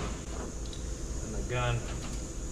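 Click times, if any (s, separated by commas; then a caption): none. An undercoating spray gun is being fitted onto its product container, with the straw in it, during the restoration of a 1967 Shelby Mustang GT500. Someone talks over low handling noise. Nothing has seated or locked into place yet.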